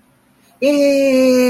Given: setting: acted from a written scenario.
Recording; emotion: vocal sound without words; elation